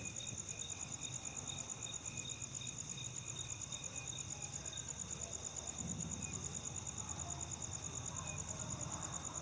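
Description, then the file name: Cricket chirping, a fast stream of high, pulsed chirps repeating about three times a second, over a soft low rumble of background noise. "grillo"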